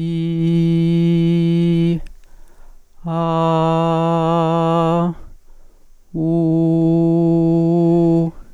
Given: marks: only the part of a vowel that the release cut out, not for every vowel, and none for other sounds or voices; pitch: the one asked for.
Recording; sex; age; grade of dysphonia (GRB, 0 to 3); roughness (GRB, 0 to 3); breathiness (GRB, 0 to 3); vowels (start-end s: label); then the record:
sustained vowels; female; 40 to 49 years; 0; 0; 0
0.40-1.89 s: vowel /i/, low pitch
3.19-5.00 s: vowel /a/, low pitch
6.31-8.13 s: vowel /u/, low pitch
From the record:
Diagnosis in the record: functional dysphonia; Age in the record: 41 years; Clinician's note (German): Funktionelle Dysphonie